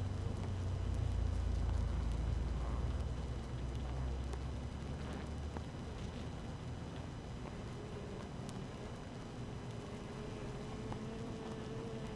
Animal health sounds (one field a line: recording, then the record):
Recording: honeybee colony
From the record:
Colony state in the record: active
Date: 12 June 2018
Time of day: 6:59